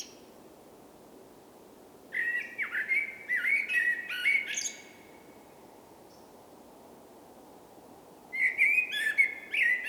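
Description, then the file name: Common blackbird song: a long rich run of fluted, warbling whistles with high twitters, then silence, then another loud phrase beginning near the end. "Turdus merula"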